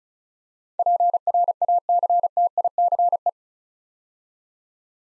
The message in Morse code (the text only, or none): PRACTICE